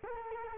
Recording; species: mosquito wingbeat signal from an infrared sensor; Culex quinquefasciatus